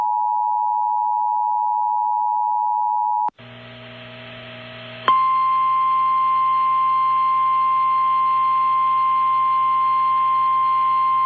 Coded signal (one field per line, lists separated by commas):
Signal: Emergency Alert System (SAME) tones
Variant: 853 and 960 Hz attention tone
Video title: EAS Severe Thunderstorm Warning North Texas/Southern Oklahoma NOAA Weather Radio (Wichita Falls, TX)